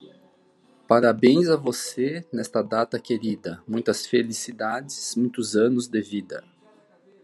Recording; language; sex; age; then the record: short text; Brazilian Portuguese; male; 40 to 49 years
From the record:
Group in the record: control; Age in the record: 48 years